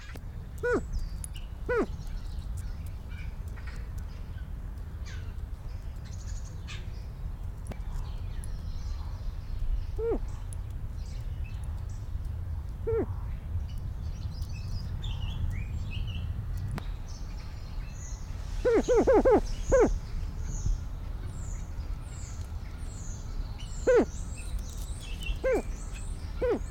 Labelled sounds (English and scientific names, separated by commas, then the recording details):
Greater Prairie Chicken (Tympanuchus cupido) call
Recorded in captivity
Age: adult
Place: Tierpark Berlin, Berlin, DE
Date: 1993-03-13 11:57
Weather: 5-12 °C, heiter
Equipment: Marantz CP 430, Sennheiser ME 80, Kopie Uher Variocord 263
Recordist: Tembrock, Günter